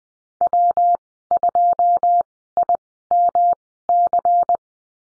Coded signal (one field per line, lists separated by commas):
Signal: Morse code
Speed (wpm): 20 wpm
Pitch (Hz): 700 Hz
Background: none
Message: W2IMC